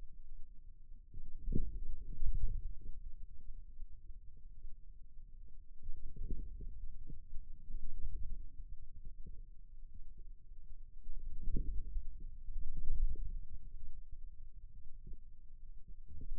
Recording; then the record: forearm muscle sounds (acoustic myography)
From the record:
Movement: inward rotation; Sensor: system 2, bracelet of six BSWA MPA416 microphones around the upper forearm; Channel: 1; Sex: male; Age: 22 years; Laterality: right